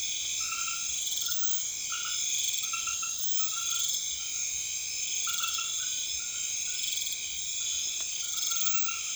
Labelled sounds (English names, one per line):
none